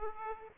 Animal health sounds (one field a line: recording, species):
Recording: mosquito wingbeat signal from an infrared sensor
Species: Aedes aegypti